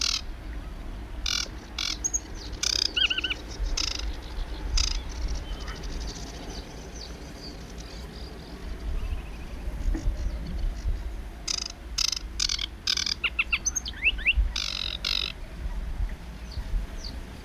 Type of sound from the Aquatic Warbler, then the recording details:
song. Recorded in the wild. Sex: male. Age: adult. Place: Rietz, Havelland, Brandenburg, DE. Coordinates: 52.3722, 12.6472. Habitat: lake. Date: 1968-06-09. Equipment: Nagra III BH. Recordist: Schubert, Michael